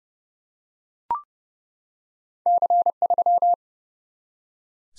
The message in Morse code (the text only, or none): C3